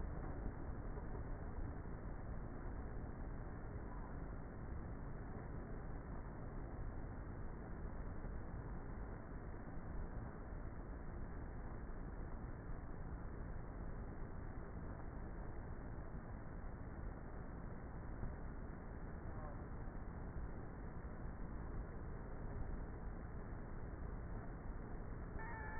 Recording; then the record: honeybee colony, microphone inside the hive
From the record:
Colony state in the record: queenless with a low population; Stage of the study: before two queens were removed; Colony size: about 30,000 bees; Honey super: no